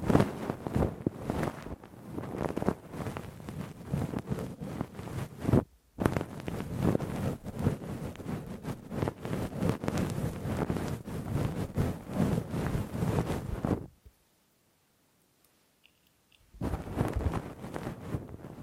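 Rough, deep ear cleaning with a Q-tip and ear pick: dense, scratchy rubbing and crackling that keeps going in fast, uneven strokes with a low rumble underneath. It stops briefly near six seconds, then falls silent from about fourteen to sixteen and a half seconds before resuming.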